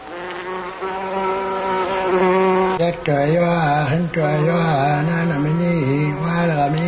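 Flies buzz steadily for several seconds in a loud, continuous drone whose pitch wavers and swoops up and down, with no voices over it.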